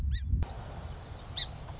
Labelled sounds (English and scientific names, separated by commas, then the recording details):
Song Sparrow (Melospiza melodia)
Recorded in Sonoma County, California